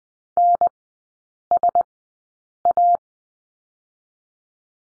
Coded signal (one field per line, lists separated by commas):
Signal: Morse code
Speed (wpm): 19 wpm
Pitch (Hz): 700 Hz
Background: none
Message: N S A